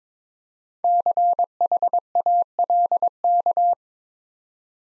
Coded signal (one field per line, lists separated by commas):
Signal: Morse code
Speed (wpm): 22 wpm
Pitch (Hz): 700 Hz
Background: none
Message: CHALK